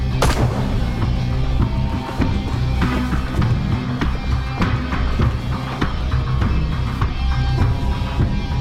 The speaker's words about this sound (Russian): Все побежали на выстрелы.